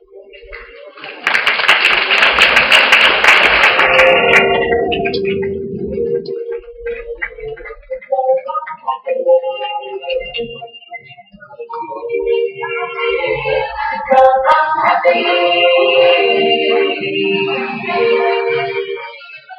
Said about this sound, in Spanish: La verdad que se merecen otro aplauso más fuerte